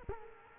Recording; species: mosquito wingbeat signal from an infrared sensor; Culex quinquefasciatus